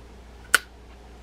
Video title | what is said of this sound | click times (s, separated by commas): Penn SpinFisher V Live Liner 6500LL how to take apart and service copy | we got a nice firm click there so that bait feeder function is working | 0.6 s